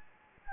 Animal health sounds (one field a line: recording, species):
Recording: mosquito wingbeat signal from an infrared sensor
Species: Anopheles gambiae